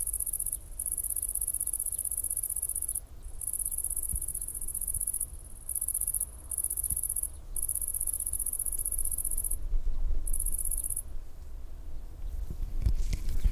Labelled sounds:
Great Green Bush-cricket stridulation
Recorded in the wild
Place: Botanische Anlage Blankenfelde, Berlin, DE
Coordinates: 52.603, 13.4
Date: 1996-08-24 14:19
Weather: nahendes Gewitter, windig
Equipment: Sony MD-WM MZ-R3, Sennheiser MKH 416 T, Kopie Uher 4000 Report Monitor
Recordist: Tembrock, Günter
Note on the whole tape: Stridulation, Gewitter kommt auf

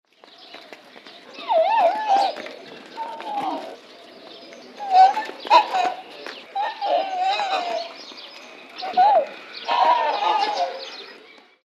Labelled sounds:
Onager
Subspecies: onager
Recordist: Tembrock, Günter
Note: Onager: Abwehrlaute einer Stute

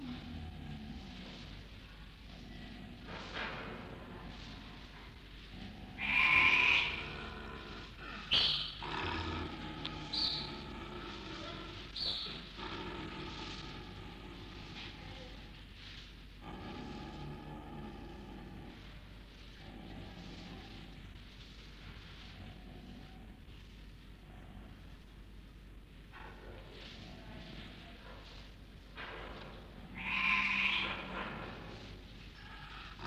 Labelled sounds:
Snow Leopard
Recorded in captivity
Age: adult
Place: Tierpark Berlin, Berlin, DE
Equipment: Englisches Reportergerät
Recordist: Altmann, Dagmar

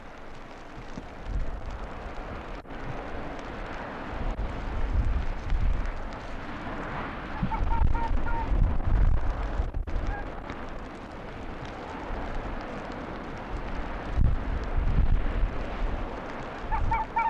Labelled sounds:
Arctic Fox
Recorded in the wild
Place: Insel Mednyi, Kommandeur-Inseln, RU
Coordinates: 54.5167, 168.083
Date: 1999-07-09 16:30
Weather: Niesel, 6°C, starker Westwind
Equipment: Sony WM-D6C, Sennheiser ME 80, K 30 AV, Windkorb, Kopie Tascam DA 30
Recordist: Jakupi, Antje
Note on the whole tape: Südosten der Insel, Geröllfeld: Von der Grathöhle aus waren bisher vier Bellstrophen zu hören. Sechs Bellstrophen aufgezeichnet. Eventuell Rüde Grün/Grün 68, den ich kurz zuvor gesehen hatte. Starke Windgeräusche!!! Entfernung 100 m. Tier nicht gesehen

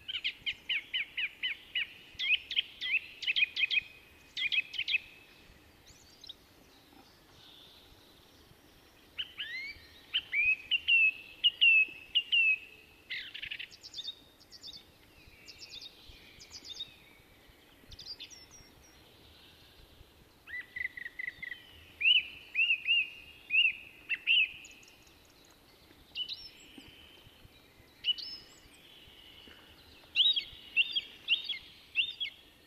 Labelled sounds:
Song Thrush song
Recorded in the wild
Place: Kaiserslautern, Rheinland-Pfalz, DE
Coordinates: 49.4266, 7.749
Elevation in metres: 295
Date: 1977-03-12
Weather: cloudy, cool
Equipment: Nagra IV, Sennheiser MKH 405, Parabolreflektor
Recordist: Tretzel, Erwin

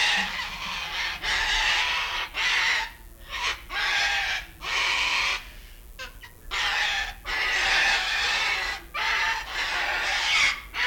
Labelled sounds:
Sulphur-crested Cockatoo call
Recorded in captivity
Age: adult
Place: Zoo Berlin, Berlin, DE
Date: 1994-08-06 11:14
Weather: wolkig bis heiter, 20-27°C
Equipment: Marantz CP 430, Sennheiser ME 80, Kopie Uher Variocord 263
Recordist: Tembrock, Günter

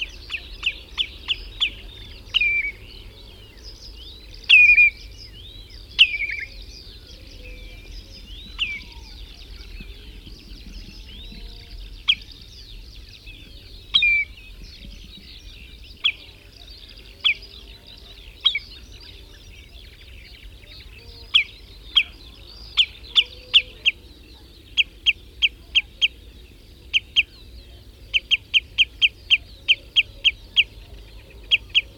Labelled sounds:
Common Redshank call
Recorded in the wild
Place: Lieschow, Insel Rügen, Mecklenburg-Vorpommern, DE
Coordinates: 54.433, 13.172
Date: 1975-05-25 04:00
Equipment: Nagra III BH, Sennheiser MD 21, parabola
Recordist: Schubert, Michael
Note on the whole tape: Warnen v. 1 Rotschenkel

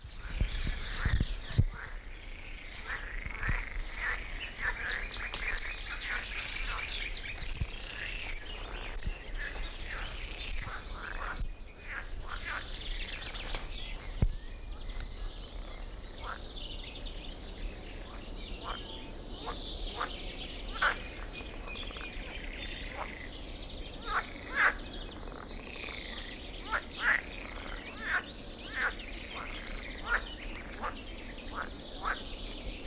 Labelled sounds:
Common Chaffinch
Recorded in the wild
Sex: male
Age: adult
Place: Blankenfelde, Tegeler Fließ, Berlin, DE
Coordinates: 52.645, 13.395
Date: 1992-05-30 12:10
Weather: sonnig, heiter bis wolkig, 20-24°C, böiger Wind
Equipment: Marantz CP 430, Sennheiser ME 80, K 30 AV, Kopie Tesla B 116
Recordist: Tembrock, Günter

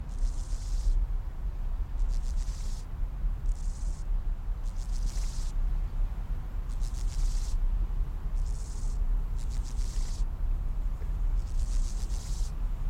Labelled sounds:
Steppe Grasshopper stridulation
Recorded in the wild
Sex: male
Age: imago
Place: Schildow, NSG, Kalktuffgelände am Tegeler Fließ (NSG Schildow), Berlin, DE
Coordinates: 52.642, 13.37
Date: 1993-08-14
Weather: 20°C, sonnig
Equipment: Marantz CP 430, Sennheiser ME 80, Kopie Uher Variocord 263
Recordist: Tembrock, Günter
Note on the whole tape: Spontan stridulierend (Nr. 8)

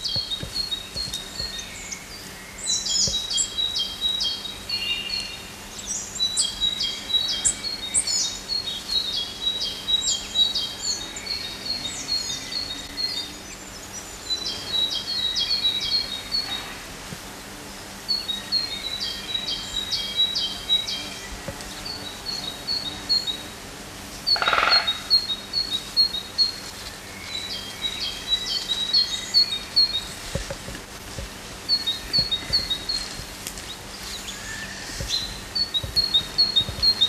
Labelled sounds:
Great Tit song
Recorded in the wild
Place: Locarno, Tessin, CH
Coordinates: 46.1861, 8.79083
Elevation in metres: 974
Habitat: mountains
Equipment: Uher 4000 Report
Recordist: Tretzel, Erwin

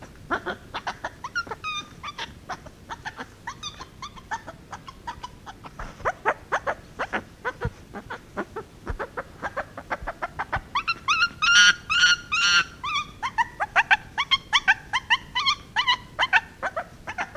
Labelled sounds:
Chimpanzee
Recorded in captivity
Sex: female
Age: juvenile
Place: Kinderklinik der Charitè, Berlin, DE
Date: 1965-02-16
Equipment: Smaragd
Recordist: unbekannt, keine Angabe
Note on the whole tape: Band S 1111 A: "Simone" 4 Wochen und 4 Tage alt, Schreien und andere Laute beim Baden und Windeln

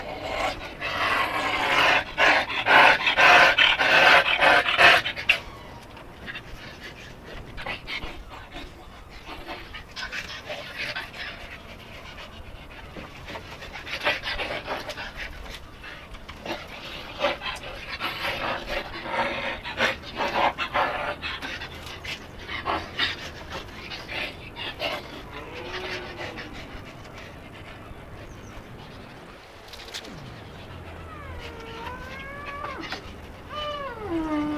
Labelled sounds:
Wolverine call
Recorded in captivity
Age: adult
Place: Zoo Halle, Sachsen-Anhalt, DE
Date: 1965-10-21 15:00
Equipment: Telefunken Magnetophon 300, Sennheiser MD 421, Transistorverstärker 2
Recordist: Tembrock, Günter

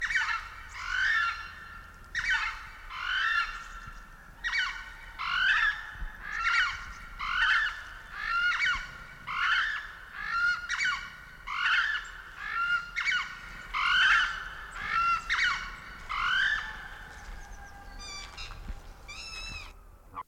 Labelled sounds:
Southern Screamer
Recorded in captivity
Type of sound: call, call sequence, twittering
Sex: pair
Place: Vogelpark Bad Rothenfelde, Niedersachsen, DE
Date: 1991-09-16 14:19
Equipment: Marantz, Sennheiser ME 80, Kopie Tesla B 116
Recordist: Tembrock, Günter
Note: Rufe von Paar mit Jungen

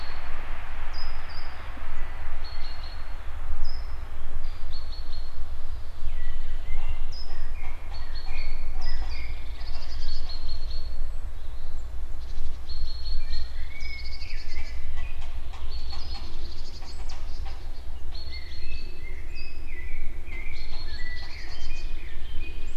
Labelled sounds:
Grey Heron call
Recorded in the wild
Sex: diverse
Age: diverse
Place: Zielow, Müritz, Mecklenburg-Vorpommern, DE
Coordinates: 53.3631, 12.6906
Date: 1998-04-07
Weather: wolkig, 12°C
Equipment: Sony TCD-D3, Telinga Pro 5 (ohne Reflektor)
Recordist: Frommolt, Karl-Heinz

